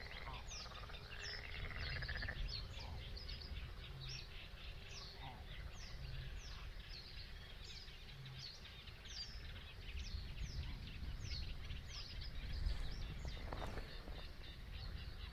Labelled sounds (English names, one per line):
Barn Swallow song